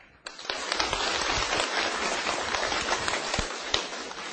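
An audience at a lecture on the Di Zi Gui breaks into sustained applause welcoming the teacher back to continue the lecture; it starts abruptly and holds steady for about four seconds, a dense, even wash of many hands clapping, with no voices heard.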